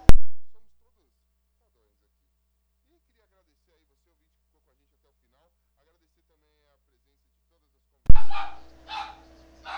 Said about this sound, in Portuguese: Calma aí, puxa alguém aí primeiro que a cachorra tá doida aqui. Ah, ela acalmou.